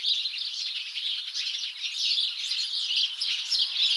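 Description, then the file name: House sparrows keep up a thick chorus of cheeping, the chirps running together with small rises and dips in volume. "Passer domesticus"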